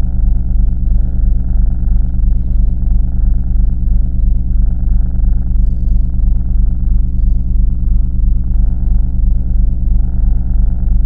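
Cat purring, a deep, steady rumbling purr with very even pulses about three times a second, continuing throughout without a break.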